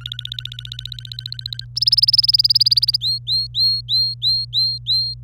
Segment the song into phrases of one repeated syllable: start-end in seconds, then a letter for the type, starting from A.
0.00-1.65 A, 1.76-2.96 B, 3.01-5.14 C